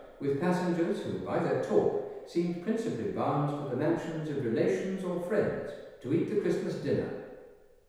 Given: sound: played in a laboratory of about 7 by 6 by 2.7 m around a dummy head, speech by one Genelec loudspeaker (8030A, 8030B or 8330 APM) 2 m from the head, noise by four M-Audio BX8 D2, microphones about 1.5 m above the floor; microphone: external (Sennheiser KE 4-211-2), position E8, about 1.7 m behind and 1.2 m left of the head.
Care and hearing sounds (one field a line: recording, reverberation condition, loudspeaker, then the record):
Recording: male speech in English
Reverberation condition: high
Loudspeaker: 60 degrees to the left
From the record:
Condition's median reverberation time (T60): about 1300 ms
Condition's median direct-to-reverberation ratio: about -4.0 dB